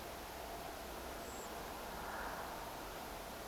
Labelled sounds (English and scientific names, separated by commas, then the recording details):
Redwing (Turdus iliacus)
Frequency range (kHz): Redwing (Turdus iliacus) 6.7-8.3 kHz
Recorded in France